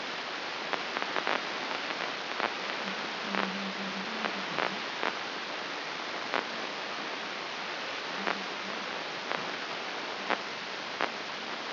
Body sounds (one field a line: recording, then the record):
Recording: brain microelectrode recording played as sound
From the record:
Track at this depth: outside the subthalamic nucleus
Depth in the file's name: 4.423 mm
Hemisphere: left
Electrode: 2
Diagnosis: Parkinson's disease